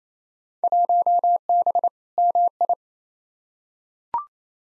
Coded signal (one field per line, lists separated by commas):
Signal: Morse code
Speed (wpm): 28 wpm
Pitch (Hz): 700 Hz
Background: none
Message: 1B MI